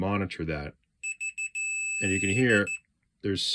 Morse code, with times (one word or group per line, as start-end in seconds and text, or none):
none